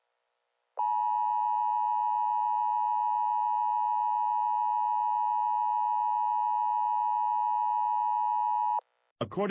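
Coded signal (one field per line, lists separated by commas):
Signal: Emergency Alert System (SAME) tones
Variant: 853 and 960 Hz attention tone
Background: speech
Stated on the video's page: Fictional EAS scenario about COVID-19 contaminated licorice; not real.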